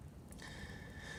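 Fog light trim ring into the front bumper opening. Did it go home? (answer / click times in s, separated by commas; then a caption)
yes / 0.3 s, 0.4 s. A plastic trim ring is pushed by hand over an aftermarket fog light into the front bumper opening of a 2008 Toyota Camry. Two short snaps are heard at 0.3 s and 0.4 s, followed by a steady high-pitched tone over low background rumble. The trim ring snaps into place and is seated.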